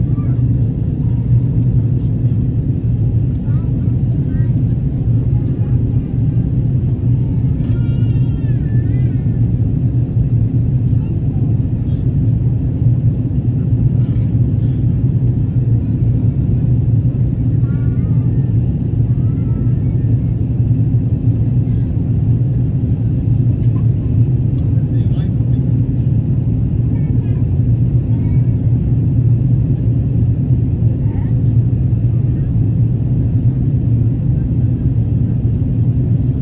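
A steady, dense low roar of jet engines fills the aircraft cabin with no letup across the whole stretch. Faint voices and small clinks of cabin service surface now and then above the drone, especially around the first ten seconds and near the middle.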